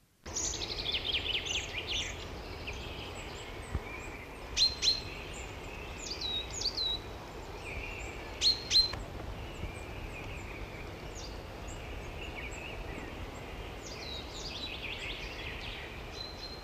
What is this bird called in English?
Coal Tit